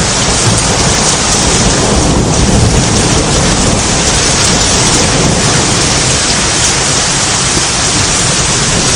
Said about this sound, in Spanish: Ahí tienen el trueno. Tengo que decirles a ustedes que no he visto llover, y llevo viviendo aquí muchos años, pocas veces he visto llover con tanta fuerza, con tantísima fuerza, como lo estoy haciendo en estos momentos, viendo llover de esta forma.